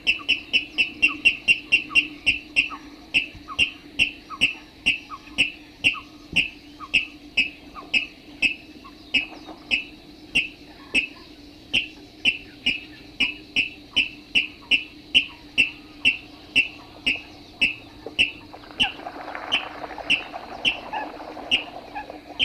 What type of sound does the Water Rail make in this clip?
song